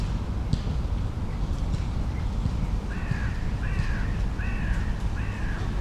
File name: London-Millfields Park Morning Ambience crows birds train In Distance basket Ball Player In Distance people Talk